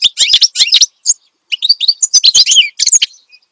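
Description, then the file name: Finch song, short bursts of sharp high chirps and warbled notes separated by brief gaps. Energetic ('gacor') finch song, presented as suitable for tutoring songbirds (masteran). "Suara Kicauan Burung Finch Gacor Dor Cocok Untuk Masteran"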